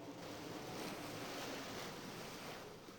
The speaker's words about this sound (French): Le vent souffle. La mer monte. Les sanguinaires sont blanches d'écume.